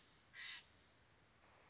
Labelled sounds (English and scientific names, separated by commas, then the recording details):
American Robin (Turdus migratorius)
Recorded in Sonoma County, California